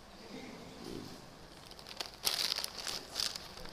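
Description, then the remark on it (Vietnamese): A package of Japanese seaweed snacks crinkles in bursts of bright, dry plastic rustling, louder toward the end, with faint low murmuring in the background. “Cái này gì biết không? Gọi là rong biển Nhật Bản.”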